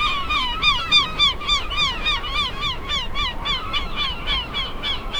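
Bird giving quick, regularly repeated nasal honks, each a short rising-falling note, several per second throughout over faint low noise.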